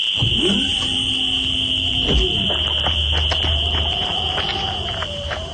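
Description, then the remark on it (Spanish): A shrill, steady alarm tone rings continuously at a high pitch, with clattering knocks and a low rumble underneath and a brief voice near the start; the alarm is connected to a being and goes off when something threatens it. “¡Otra vez alarma esa! Está conectada con el mano. Cuando algo lo amenaza se activa.”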